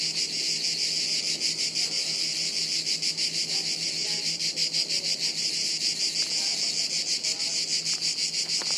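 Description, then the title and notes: Cicadas in chorus, a dense high-pitched rasping buzz pulsing rapidly and continuously throughout. Chorus of cicadas high up in the trees overhead, woods near Sirolo, Italy, on a hot afternoon, August 23. "A chorus of cicadas on a hot afternoon high up in the trees above us in the woods near Sirolo, Italy, August 23. Recorded by Cities and Memory."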